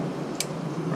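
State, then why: Seated. A male MC4 connector is pushed into a female MC4 connector on solar panel leads until its barbed edge latches, giving one short, sharp click at 0.4 s over steady low background noise. The connectors are seated and locked together.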